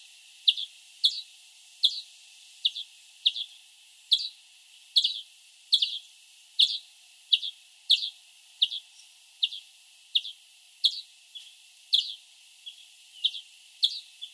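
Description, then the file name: European greenfinch calling in a steady series of brief, high chips, roughly one or two per second, over a light background hiss. "Chloris chloris"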